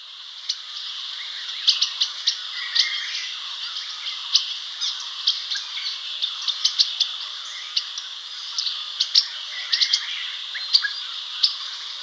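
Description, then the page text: Striated yuhina calls: a busy stream of short, sharp, high chips and twitters, bunched irregularly, over a steady high background hiss. "Striated Yuhina Calls. Quick Sounds"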